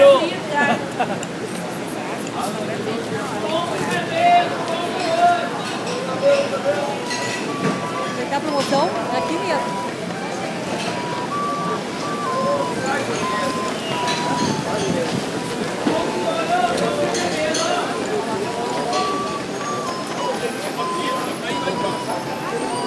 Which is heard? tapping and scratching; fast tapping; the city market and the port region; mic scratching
the city market and the port region